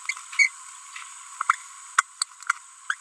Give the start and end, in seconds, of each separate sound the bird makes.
0.33-0.48, 1.49-1.55, 2.90-2.94